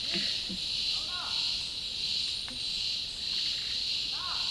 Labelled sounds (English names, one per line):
none